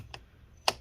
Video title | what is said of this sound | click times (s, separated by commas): Lenovo Legion 5 15IMH05 Disassembly RAM SSD Hard Drive Upgrade Battery Keyboard Replacement Repair | click. 1, 2, 3. Number 5, click. | 0.1 s, 0.7 s